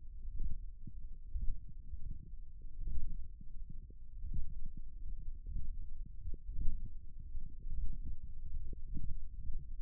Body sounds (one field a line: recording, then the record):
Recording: forearm muscle sounds (acoustic myography)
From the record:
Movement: thumb flexion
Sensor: system 1, eight BSWA MPA416 microphones around the upper forearm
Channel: 8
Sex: male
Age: 23 years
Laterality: right